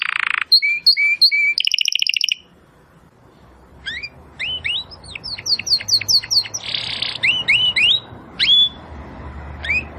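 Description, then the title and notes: Domestic canary singing bright whistled notes and a fast rattling trill, a pause, then a run of quick rising slurred notes and short buzzy bursts over soft background hiss. Belgian canary singing; labelled 'Campainha'. "Canário Belga Campainha Canary Singing. Canario Belga Cantando"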